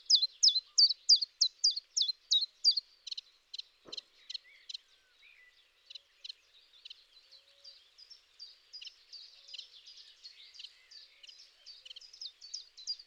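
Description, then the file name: Common chiffchaff song: loud, evenly paced high notes for about three seconds, then fainter repeated notes that continue as a softer, more jumbled series of high chirps to the end. "tjiftjaf"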